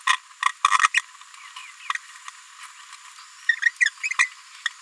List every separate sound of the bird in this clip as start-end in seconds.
0.07-0.09, 0.64-0.68, 0.94-1.01, 3.65-3.70, 3.85-3.89, 4.19-4.29